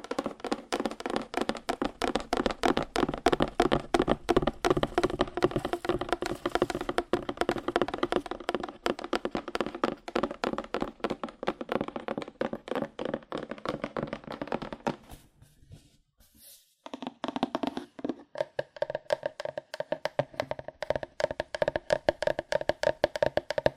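Fast, aggressive tapping on cardboard, a dense stream of sharp hollow taps with little space between them for the first fifteen seconds. The tapping thins and pauses briefly around sixteen seconds, then resumes with a brighter, lighter tone through the end.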